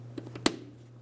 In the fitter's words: That lock is definitely in position.